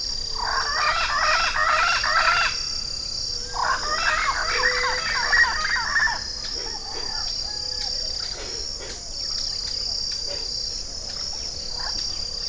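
Bird calls in two dense, gobbling bursts of rapid harsh notes, each lasting about two seconds, over a steady high-pitched hiss.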